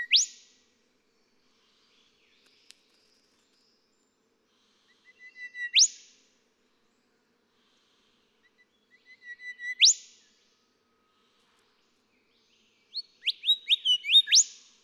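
Golden whistler song phrases about every four seconds, each a few soft notes building to a loud rising whip, the last a fuller series of notes.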